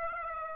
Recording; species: mosquito wingbeat signal from an infrared sensor; Aedes aegypti